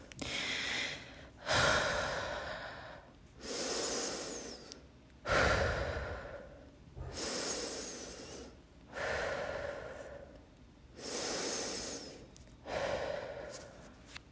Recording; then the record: deep breathing after running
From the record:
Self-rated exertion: moderate exertion (3 of 6); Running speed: 5 miles an hour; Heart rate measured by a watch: 132 beats a minute at the start, 129 at the end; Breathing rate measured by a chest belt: 16 breaths a minute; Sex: female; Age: 18 years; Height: 171 cm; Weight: 75 kg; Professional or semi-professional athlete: no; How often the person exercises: 1 to 2 times a week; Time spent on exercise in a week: under 1 hour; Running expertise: no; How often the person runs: 1 to 2 times a week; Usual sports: running, fencing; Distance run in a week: 3 km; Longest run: 21.3 km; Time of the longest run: 190 minutes